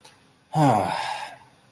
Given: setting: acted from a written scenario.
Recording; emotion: vocal sound without words; disappointment